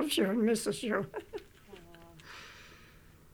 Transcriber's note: she laughs